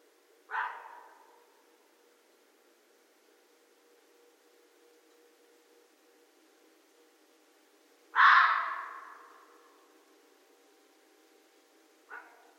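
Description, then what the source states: Red fox giving three harsh, hoarse single barks, widely spaced with long silent gaps, each ending in a fading, echoing tail; a faint steady hum underneath. Recorded on 13 January 2012.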